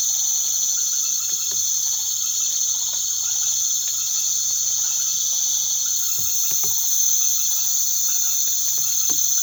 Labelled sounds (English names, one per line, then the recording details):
none
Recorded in pastures near Puerto Asís, Putumayo, Colombia, on 24 March 2025 at 19:00
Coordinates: 0.487, -76.322
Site G077